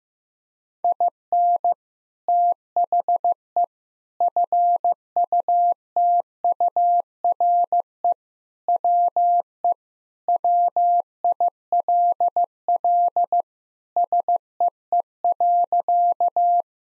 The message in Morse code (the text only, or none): IN THE FUTURE WE WILL SEE.